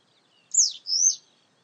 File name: Golosa ptic - ZHeltogolovaya tryasoguzka Motacilla citreola